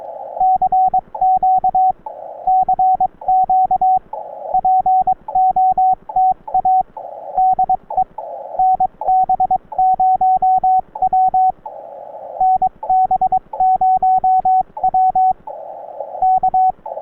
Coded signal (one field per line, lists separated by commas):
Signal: Morse code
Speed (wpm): 19 wpm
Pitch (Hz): 750 Hz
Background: radio noise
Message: CQ CQ POTA DE NB0W NB0W K